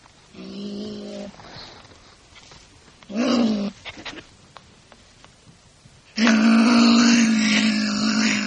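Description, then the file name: Marten calling with harsh, droning, harmonic cries in three bursts; the last is long and loud, lasting over two seconds, with soft clicks between calls. "kuna"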